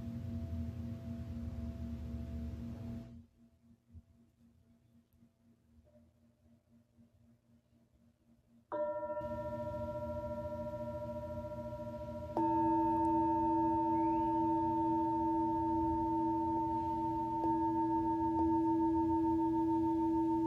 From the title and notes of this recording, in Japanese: 春分 メキシコから シンギングボウルのサウンドヒーリング。